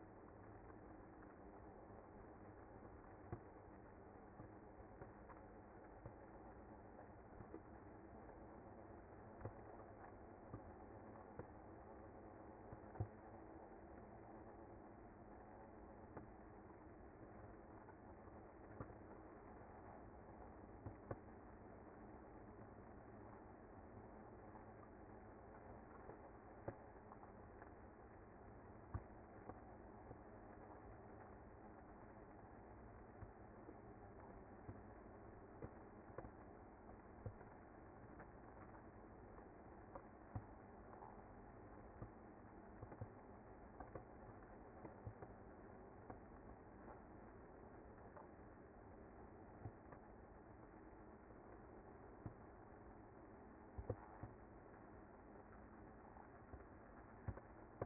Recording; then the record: honeybee colony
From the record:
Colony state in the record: active